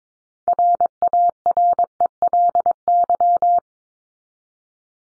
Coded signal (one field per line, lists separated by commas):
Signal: Morse code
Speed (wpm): 22 wpm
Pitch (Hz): 700 Hz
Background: none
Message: RARELY